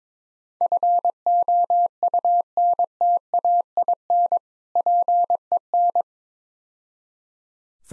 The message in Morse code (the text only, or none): FOUNTAIN PEN